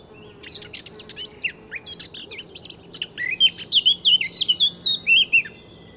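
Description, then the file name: Eurasian blackcap song, a hurried scratchy twitter turning into a loud, clear fluty whistled ending. "Sylvia atricapilla"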